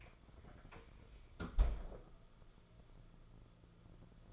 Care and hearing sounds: daily activity, microphone in the room; close fridge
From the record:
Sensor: 5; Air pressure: 994.5 hPa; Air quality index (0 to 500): 189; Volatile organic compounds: 1000 ppm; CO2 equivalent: 5556 ppm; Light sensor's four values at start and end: 47/141/55/61 and 46/142/55/61

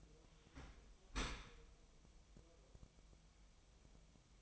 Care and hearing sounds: daily activity, microphone in the room; open dishwasher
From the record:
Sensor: 1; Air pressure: 1004.8 hPa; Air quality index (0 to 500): 107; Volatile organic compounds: 3 ppm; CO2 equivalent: 1469 ppm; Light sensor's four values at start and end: 9/22/8/9 and 9/22/8/9

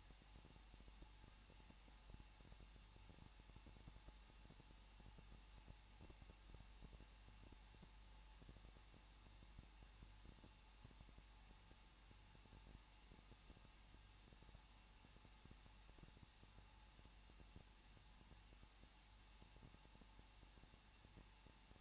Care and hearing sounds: daily activity, microphone in the room; no activity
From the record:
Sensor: 1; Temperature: 20.1 degrees Celsius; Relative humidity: 39.2%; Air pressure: 1006.3 hPa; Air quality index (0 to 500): 218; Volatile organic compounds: 78 ppm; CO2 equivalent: 3591 ppm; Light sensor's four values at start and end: 1/2/1/1 and 1/2/1/1

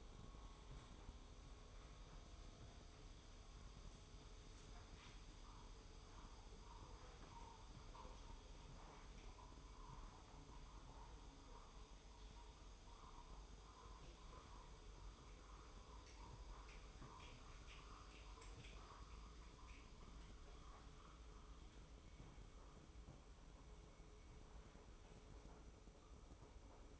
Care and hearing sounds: daily activity, microphone in the room; make coffee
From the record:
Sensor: 1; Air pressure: 995.1 hPa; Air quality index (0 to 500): 35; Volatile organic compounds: 1 ppm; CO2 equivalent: 626 ppm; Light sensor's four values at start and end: 14/48/17/18 and 16/55/20/22

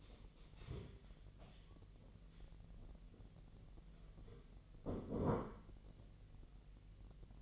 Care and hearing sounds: daily activity, microphone in the room; stand up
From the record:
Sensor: 4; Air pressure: 1002.4 hPa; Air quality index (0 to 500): 248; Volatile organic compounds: 37 ppm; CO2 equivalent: 3094 ppm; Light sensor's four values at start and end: 11/25/10/10 and 12/27/11/11

